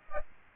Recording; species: mosquito wingbeat signal from an infrared sensor; Aedes aegypti